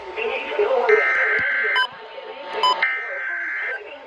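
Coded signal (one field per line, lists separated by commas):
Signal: Emergency Alert System (SAME) tones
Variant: header bursts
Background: speech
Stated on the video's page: Real severe thunderstorm warnings received during a seabreeze thunderstorm event.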